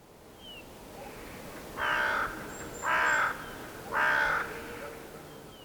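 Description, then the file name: Carrion crow giving three harsh, hoarse caws about a second apart, each short and level, over faint background hiss. "Corvus corone"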